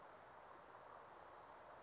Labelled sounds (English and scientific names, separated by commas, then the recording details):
Western Flycatcher (Empidonax difficilis)
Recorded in Sonoma County, California